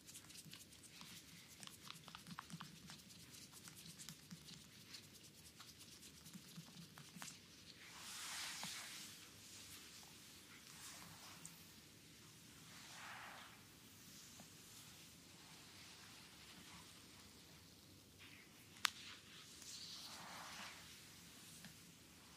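A close-up belly massage: soft rubbing of hands over skin with a steady scatter of tiny crackles and taps. Longer brushing swishes rise around 8, 13 and 20 seconds, one brief sharp tap comes near 19 seconds, and a low hum sits underneath throughout.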